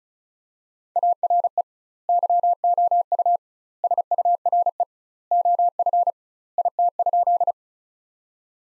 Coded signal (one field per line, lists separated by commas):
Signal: Morse code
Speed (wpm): 36 wpm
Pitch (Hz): 700 Hz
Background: none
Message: ARE YOU SURE OF IT?